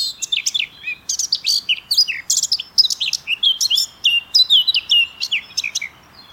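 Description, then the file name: Eurasian blackcap warbling steadily, a dense sequence of bright chirps and falling whistles with little pause between them. "Sylvia atricapilla"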